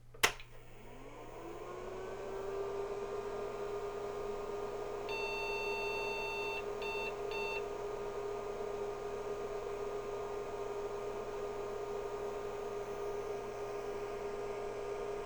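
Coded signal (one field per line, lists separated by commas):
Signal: beep code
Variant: IBM PC 5150 POST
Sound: motor spin-up and steady hum, then 1 long beep and 2 short beeps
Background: fan and drive hum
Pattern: 1 long, 2 short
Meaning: One long and two short beeps signals a display adapter error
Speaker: got a long beep and two beeps but the monitor came on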